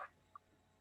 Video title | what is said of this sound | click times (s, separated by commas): good to the last drop | you just wedge the cap with the roller bottle and pop it off | 0.4 s